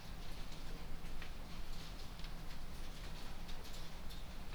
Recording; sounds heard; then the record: poultry house recording; no chicken sound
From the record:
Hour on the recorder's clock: 23